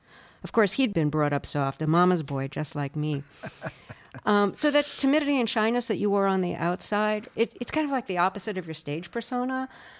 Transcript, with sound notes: Of course, he'd been brought up soft - a mama's boy, just like me.
(Laughter).
So that timidity and shyness that you wore on the outside - it's kind of like the opposite of your stage persona.